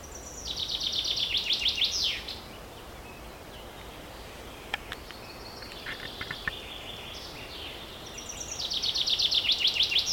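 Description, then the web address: Bird song: fast high trills of repeated descending notes at the start and end, with a few sharp clicks and softer chirps in between over low background hiss. Several birds singing together in a forest in the early morning. "multi voiced bird singing in the early morning forest"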